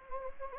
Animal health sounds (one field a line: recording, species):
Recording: mosquito wingbeat signal from an infrared sensor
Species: Anopheles gambiae